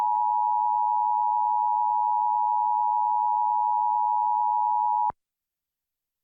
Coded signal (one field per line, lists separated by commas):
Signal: Emergency Alert System (SAME) tones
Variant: 853 and 960 Hz attention tone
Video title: EAS #908: EAS Required Monthly Test- Feb. 5, 2024- 7:25AM PST